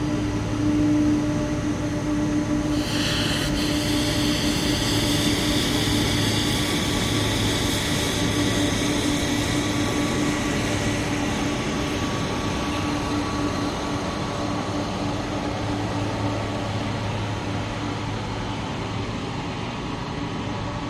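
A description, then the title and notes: A large cargo jet taxis with a steady, loud engine roar and a constant low rumble. A high whine with shifting tones rises around the third second and slowly fades over the following seconds, while a faint steady hum persists underneath. Boeing 747 DreamLifter landing, taxi. This one landed and taxied by at an airport. SD702 Mid: MKH8060 Side: MKH30.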